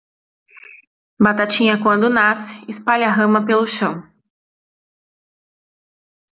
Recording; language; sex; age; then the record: short text; Brazilian Portuguese; female; 20 to 29 years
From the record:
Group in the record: control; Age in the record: 23 years